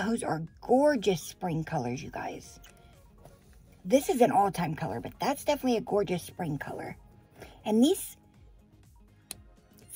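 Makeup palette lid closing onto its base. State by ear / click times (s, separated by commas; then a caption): seated / 9.3 s. The lid of a small makeup palette is closed onto its base while someone talks, with soft music underneath. At 9.3 s the lid snaps shut with a sharp, brief click, and the palette is seated closed.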